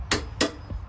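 A torque wrench tightens another trailer hitch mounting bolt to 86 ft-lb, the setting that keeps the hitch evenly tight all the way around. Two sharp clicks are heard at 0.1 s and 0.4 s, followed by a fainter low thump near 0.7 s. The clicks confirm the set torque has been reached.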